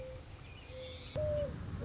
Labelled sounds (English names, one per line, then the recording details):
Mourning Dove
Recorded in Sonoma County, California